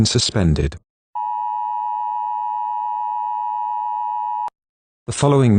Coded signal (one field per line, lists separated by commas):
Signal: Emergency Alert System (SAME) tones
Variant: 853 and 960 Hz attention tone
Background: speech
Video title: EAS Scenario #36: The Scream Massacre.